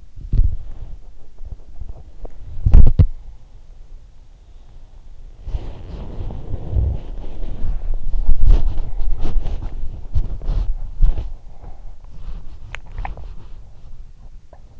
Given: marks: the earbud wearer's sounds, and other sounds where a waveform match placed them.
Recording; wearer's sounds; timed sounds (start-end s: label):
sounds in sleep by an in-ear microphone; body movement, swallowing
0.00-14.45 s: body movement
12.53-14.80 s: swallowing